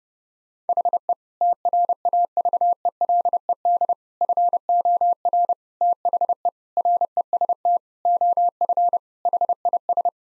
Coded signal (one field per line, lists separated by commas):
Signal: Morse code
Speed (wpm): 32 wpm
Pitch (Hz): 700 Hz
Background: none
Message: HE TRAVELED FOR THE REST OF HIS